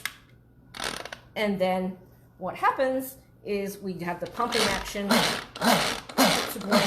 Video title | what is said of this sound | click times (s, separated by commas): Pampered Chef - Product Talk | On the top here, there's a latch, which we just undo. | 0.0 s